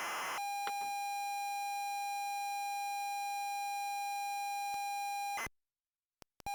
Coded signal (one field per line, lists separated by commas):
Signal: ZX Spectrum tape loading